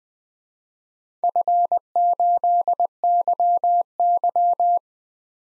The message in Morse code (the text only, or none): F8YY